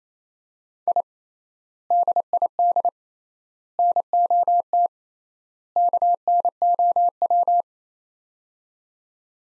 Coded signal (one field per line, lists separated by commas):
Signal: Morse code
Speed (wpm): 27 wpm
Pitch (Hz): 700 Hz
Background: none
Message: I DID NOT KNOW